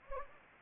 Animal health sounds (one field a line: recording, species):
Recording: mosquito wingbeat signal from an infrared sensor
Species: Anopheles gambiae